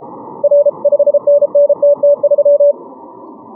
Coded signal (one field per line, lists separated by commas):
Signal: Morse code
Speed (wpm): 33 wpm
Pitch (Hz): 580 Hz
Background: none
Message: R 5NNTT3